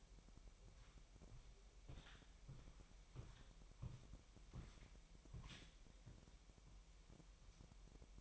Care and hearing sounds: daily activity, microphone in the room; walk to room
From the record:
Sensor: 1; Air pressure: 1002.0 hPa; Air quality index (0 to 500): 247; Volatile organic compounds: 52 ppm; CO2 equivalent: 3317 ppm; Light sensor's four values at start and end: 8/18/7/8 and 7/17/7/8

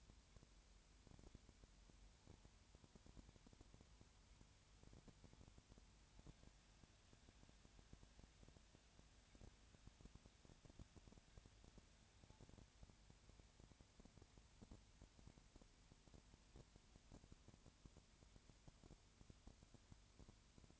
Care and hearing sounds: daily activity, microphone in the room; no activity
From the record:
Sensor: 2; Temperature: 20.4 degrees Celsius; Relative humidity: 35.6%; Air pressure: 1007.1 hPa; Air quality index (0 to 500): 122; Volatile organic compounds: 2 ppm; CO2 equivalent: 1253 ppm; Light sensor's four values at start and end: 2/3/2/2 and 2/3/2/2

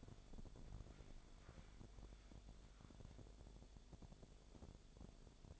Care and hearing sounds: daily activity, microphone in the room; walk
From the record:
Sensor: 5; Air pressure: 1000.6 hPa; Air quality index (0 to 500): 136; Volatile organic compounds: 2 ppm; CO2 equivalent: 1064 ppm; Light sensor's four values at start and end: 46/108/45/47 and 46/108/45/46

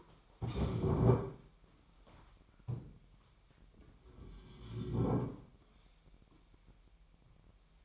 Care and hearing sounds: daily activity, microphone in the room; stand up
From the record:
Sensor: 1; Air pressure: 998.6 hPa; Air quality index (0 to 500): 119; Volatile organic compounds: 3 ppm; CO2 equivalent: 1421 ppm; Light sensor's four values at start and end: 8/19/8/9 and 8/19/8/9

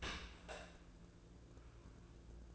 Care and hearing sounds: daily activity, microphone in the room; open dishwasher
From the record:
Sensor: 2

